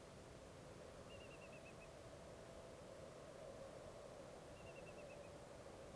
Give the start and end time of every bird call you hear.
1.09s-1.85s: Eurasian Whimbrel (Numenius phaeopus) (2.4-3.0 kHz)
4.55s-5.28s: Eurasian Whimbrel (Numenius phaeopus) (2.3-2.9 kHz)

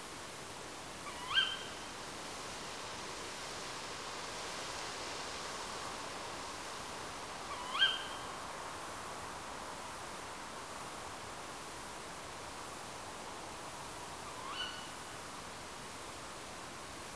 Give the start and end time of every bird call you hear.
1.04s-1.45s: Tawny Owl (Strix aluco) (0.9-4.7 kHz)
7.49s-7.90s: Tawny Owl (Strix aluco) (0.9-5.0 kHz)
14.26s-14.67s: Tawny Owl (Strix aluco) (0.9-5.1 kHz)

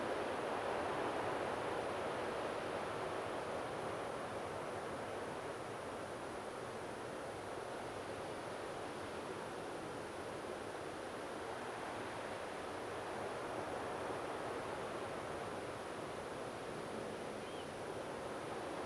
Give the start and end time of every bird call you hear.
17.45s-17.65s: Eurasian Oystercatcher (Haematopus ostralegus) (2.8-3.3 kHz)

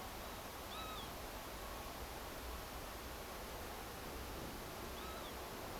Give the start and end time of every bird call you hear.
0.70s-1.03s: Northern Lapwing (Vanellus vanellus) (1.1-4.0 kHz)
4.96s-5.29s: Northern Lapwing (Vanellus vanellus) (1.2-4.1 kHz)

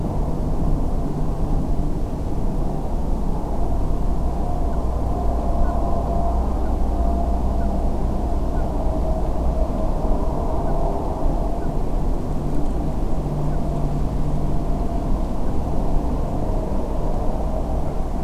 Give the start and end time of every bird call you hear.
4.72s-4.76s: Common Scoter (Melanitta nigra) (1.4-1.6 kHz)
5.63s-5.72s: Common Scoter (Melanitta nigra) (1.4-1.7 kHz)
6.64s-6.70s: Common Scoter (Melanitta nigra) (1.3-1.6 kHz)
7.60s-7.66s: Common Scoter (Melanitta nigra) (1.3-1.6 kHz)
8.55s-8.62s: Common Scoter (Melanitta nigra) (1.4-1.7 kHz)
10.67s-10.72s: Common Scoter (Melanitta nigra) (1.4-1.7 kHz)
11.61s-11.67s: Common Scoter (Melanitta nigra) (1.4-1.8 kHz)
13.52s-13.57s: Common Scoter (Melanitta nigra) (1.4-1.6 kHz)
15.45s-15.51s: Common Scoter (Melanitta nigra) (1.4-1.7 kHz)

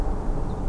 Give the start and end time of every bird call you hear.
0.49s-0.55s: Ortolan Bunting (Emberiza hortulana) (3.0-4.6 kHz)

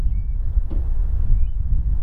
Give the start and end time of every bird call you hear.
0.09s-0.38s: Eurasian Stone-curlew (Burhinus oedicnemus) (1.8-2.6 kHz)
1.31s-1.56s: Eurasian Stone-curlew (Burhinus oedicnemus) (1.8-3.2 kHz)

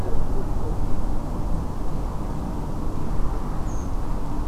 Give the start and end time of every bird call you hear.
3.65s-3.86s: Redwing (Turdus iliacus) (5.9-7.3 kHz)

